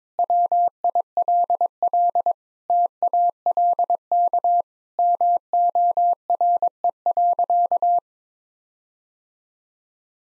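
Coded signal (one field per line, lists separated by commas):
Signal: Morse code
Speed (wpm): 22 wpm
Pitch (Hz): 700 Hz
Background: none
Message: WILL TALK MORE.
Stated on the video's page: Morse practice at 22 wpm: sentences of common five-word phrases, sent, spoken, then sent again, for head-copy training.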